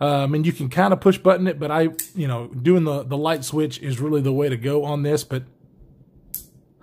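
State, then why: Seated. A folding knife with a button lock is opened by flicking the button like a light switch, and the blade clicks open and locks into its handle. Someone talks for about the first five seconds, then after a pause a single sharp click sounds at 6.3 s as the blade locks open.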